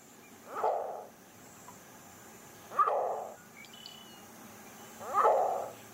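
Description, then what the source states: Green heron calls: three harsh, throaty squawks spaced a couple of seconds apart. Call described as a scowl, throaty and guttural.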